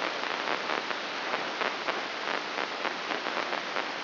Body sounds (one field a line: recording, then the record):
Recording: brain microelectrode recording played as sound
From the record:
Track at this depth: outside the subthalamic nucleus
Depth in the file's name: 7.86 mm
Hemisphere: left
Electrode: 3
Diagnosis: Parkinson's disease